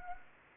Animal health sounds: mosquito wingbeat signal from an infrared sensor; Anopheles gambiae

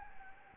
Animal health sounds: mosquito wingbeat signal from an infrared sensor; Anopheles gambiae

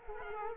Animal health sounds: mosquito wingbeat signal from an infrared sensor; Culex quinquefasciatus

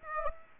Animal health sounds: mosquito wingbeat signal from an infrared sensor; Aedes aegypti

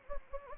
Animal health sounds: mosquito wingbeat signal from an infrared sensor; Anopheles gambiae

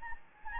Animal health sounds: mosquito wingbeat signal from an infrared sensor; Anopheles gambiae

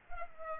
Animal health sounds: mosquito wingbeat signal from an infrared sensor; Culex pipiens

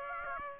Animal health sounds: mosquito wingbeat signal from an infrared sensor; Aedes aegypti

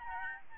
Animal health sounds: mosquito wingbeat signal from an infrared sensor; Aedes albopictus

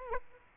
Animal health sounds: mosquito wingbeat signal from an infrared sensor; Aedes aegypti

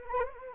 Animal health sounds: mosquito wingbeat signal from an infrared sensor; Anopheles arabiensis

